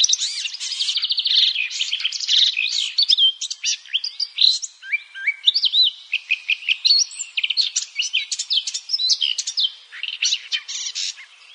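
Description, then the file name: Eurasian blackcap giving a rich, fast warble that opens with a rapid repeated trill and continues as a stream of varied chirps and slurred notes. "Sylvia atricapilla"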